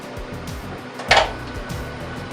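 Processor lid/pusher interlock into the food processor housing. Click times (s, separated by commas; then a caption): 1.1 s. The lid or pusher interlock of a Univex commercial food processor is pushed lightly into the housing, giving a single sharp click at 1.1 s over steady background music. This is only the first of two clicks, and the machine will not start until the interlock is pushed all the way in to the second click.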